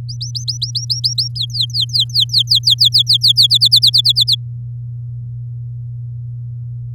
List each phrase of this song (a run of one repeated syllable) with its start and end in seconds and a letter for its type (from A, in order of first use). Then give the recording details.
0.09-1.28 A, 1.35-3.47 B, 3.50-4.35 C. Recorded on 8 May 2018 at 09:01. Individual llb16